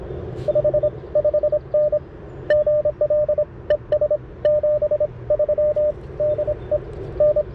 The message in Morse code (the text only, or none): 5 5N GL ES 73 DE N